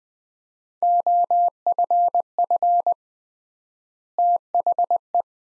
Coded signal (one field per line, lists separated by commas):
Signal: Morse code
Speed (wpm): 21 wpm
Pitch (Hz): 700 Hz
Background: none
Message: OFF THE